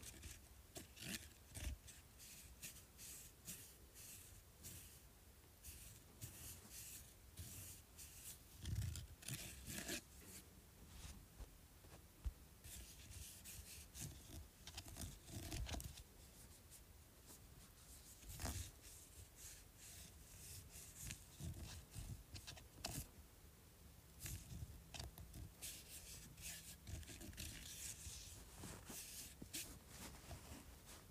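Scratching over a bumpy surface runs the whole way, a dense, irregular rasp of quick bright strokes and clicks. The loudness jumps in uneven bursts, with sharper hits around 9, 12 and 15 seconds and a brief lighter patch near 18 seconds.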